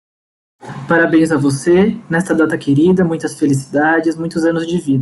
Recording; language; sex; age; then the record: short text; Brazilian Portuguese; male; 20 to 29 years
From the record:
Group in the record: control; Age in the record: 27 years